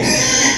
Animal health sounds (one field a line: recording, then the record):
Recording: squeal of a Yucatan mini pig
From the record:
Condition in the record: before surgery on the right vocal fold (resection and tissue-engineered implant)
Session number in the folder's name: 2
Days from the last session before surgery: 0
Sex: male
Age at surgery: 12 weeks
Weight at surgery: 13 kg